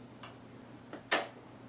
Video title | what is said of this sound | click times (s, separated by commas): Threading Bottom Bobbin Area of Bernina 330 Sewing Machine | need to push it until you hear a clicking sound | 1.1 s